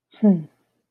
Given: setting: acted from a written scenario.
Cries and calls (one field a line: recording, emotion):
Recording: vocal sound without words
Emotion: serenity